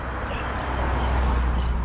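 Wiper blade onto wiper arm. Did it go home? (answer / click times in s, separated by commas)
no / none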